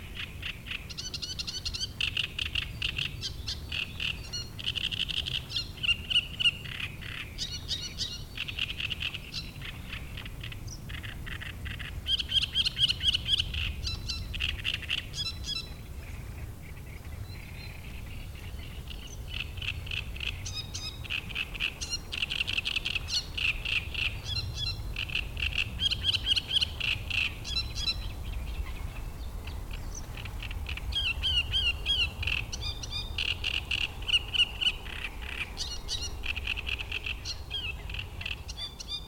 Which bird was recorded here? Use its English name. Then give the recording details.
Great Reed Warbler. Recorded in the wild. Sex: male. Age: adult. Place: Müggelsee, Berlin, DE. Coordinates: 52.43, 13.64. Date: 1990-05-03. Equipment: Uher 4400 Report Monitor, Sennheiser ME 80, K 30 AV. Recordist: Fischer, Stefan. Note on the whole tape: Tier 1435 (Nachbar von 1345): Gesang, sehr gut